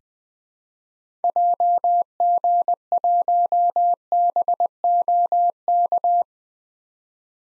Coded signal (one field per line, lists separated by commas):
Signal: Morse code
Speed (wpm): 20 wpm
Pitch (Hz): 700 Hz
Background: none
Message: JG1BOK